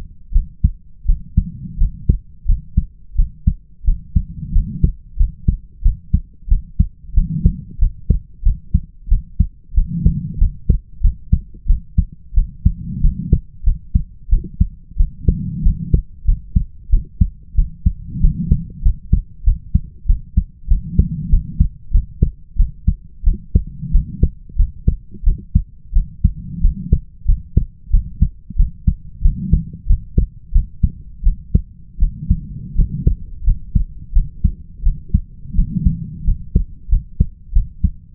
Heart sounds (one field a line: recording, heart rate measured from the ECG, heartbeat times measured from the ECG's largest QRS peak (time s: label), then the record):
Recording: heart sounds by stethoscope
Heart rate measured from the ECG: 90 bpm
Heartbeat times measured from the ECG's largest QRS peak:
0.33 s: heartbeat
1.06 s: heartbeat
1.78 s: heartbeat
2.46 s: heartbeat
3.16 s: heartbeat
3.85 s: heartbeat
4.53 s: heartbeat
5.17 s: heartbeat
5.82 s: heartbeat
6.48 s: heartbeat
7.14 s: heartbeat
7.79 s: heartbeat
8.43 s: heartbeat
9.09 s: heartbeat
9.74 s: heartbeat
10.38 s: heartbeat
11.01 s: heartbeat
11.67 s: heartbeat
12.34 s: heartbeat
13.01 s: heartbeat
13.64 s: heartbeat
14.29 s: heartbeat
14.97 s: heartbeat
15.63 s: heartbeat
16.25 s: heartbeat
16.90 s: heartbeat
17.55 s: heartbeat
18.21 s: heartbeat
18.82 s: heartbeat
19.44 s: heartbeat
20.06 s: heartbeat
20.68 s: heartbeat
21.30 s: heartbeat
21.91 s: heartbeat
22.57 s: heartbeat
23.24 s: heartbeat
23.92 s: heartbeat
24.56 s: heartbeat
25.24 s: heartbeat
25.93 s: heartbeat
26.61 s: heartbeat
27.26 s: heartbeat
27.91 s: heartbeat
28.57 s: heartbeat
29.22 s: heartbeat
29.87 s: heartbeat
30.52 s: heartbeat
31.23 s: heartbeat
31.99 s: heartbeat
32.76 s: heartbeat
33.44 s: heartbeat
34.13 s: heartbeat
34.83 s: heartbeat
35.55 s: heartbeat
36.25 s: heartbeat
36.89 s: heartbeat
37.53 s: heartbeat
From the record:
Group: healthy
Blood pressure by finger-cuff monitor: 105/60 mmHg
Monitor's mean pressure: 74 mmHg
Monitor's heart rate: 91 bpm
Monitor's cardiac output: 7.8 L/min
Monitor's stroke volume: 86 mL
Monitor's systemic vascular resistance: 680 dyn s/cm5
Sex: female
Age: 22 years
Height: 157 cm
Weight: 47.6 kg